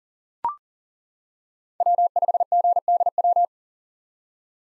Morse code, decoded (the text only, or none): W5GDW